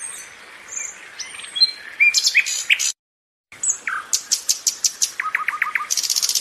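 Nightingale song: rapid bursts of varied whistles, a short break, then a loud series of repeated notes and a fast, high buzzy trill.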